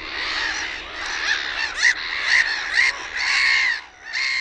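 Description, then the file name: Black-headed gull calls: a chorus of rasping cries with several clearer squeals standing out, one longer drawn-out scream, then a brief lull. "NAURULOKKI"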